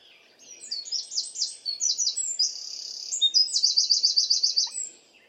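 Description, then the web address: Bird song, a high, busy run of sliding chirps and a held buzz, closing with a fast, evenly paced trill. "cianscape birddata Deverinetal 2025. Bird Only"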